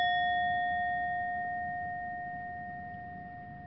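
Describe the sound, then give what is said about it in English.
A single struck meditation bell, rung at the start of a mindfulness meditation practice for participants to close their eyes, rings out alone with a clear, steady mid-high tone and bright overtones, its shimmering resonance slowly fading across several seconds. “For that, we gently close our eyes with the ring of this bell.”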